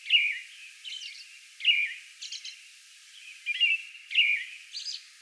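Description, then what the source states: American robin: a few clear whistled phrases alternating with high, thin, squeaky notes. Recorded May 11; a song bout.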